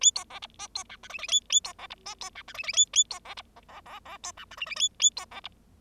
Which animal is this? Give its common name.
Bengalese Finch